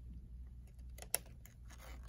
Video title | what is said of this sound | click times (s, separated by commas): Polaroid SX-70 | I'm going to pull it up all the way up just to show you that it does SNAP in | 1.1 s